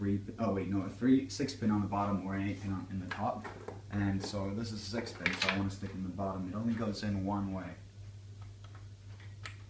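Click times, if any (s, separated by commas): 9.5 s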